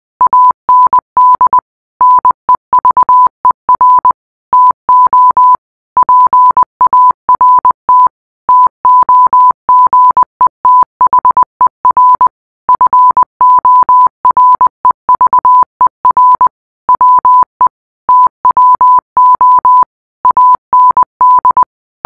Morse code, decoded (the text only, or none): AND NEVER TO PART TOGETHER FOREVER WE TWO AND